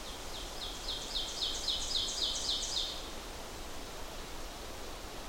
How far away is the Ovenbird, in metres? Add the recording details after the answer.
about 60 m. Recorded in boreal forest in Alberta, Canada, on 12 June 2016 at 06:05. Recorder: SongMeter 3, array SBT-3-18. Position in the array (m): 68 m, 310 m. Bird 32